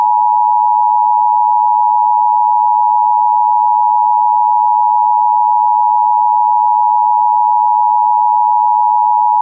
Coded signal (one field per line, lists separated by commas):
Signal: Emergency Alert System (SAME) tones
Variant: 853 and 960 Hz attention tone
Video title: EAS Met Office Red Snow Warning For Scotland (EAS #16)